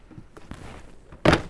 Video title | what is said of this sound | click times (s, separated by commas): Kicker 6 Speaker Plug & Play Upgrade Bundle Install - 2016 - 2023 Toyota Tacoma | here see it locks into place there | 1.3 s